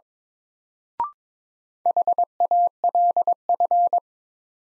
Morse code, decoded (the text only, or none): HALF